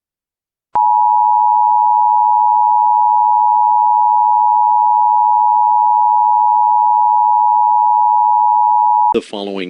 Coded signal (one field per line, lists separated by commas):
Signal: Emergency Alert System (SAME) tones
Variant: 853 and 960 Hz attention tone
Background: speech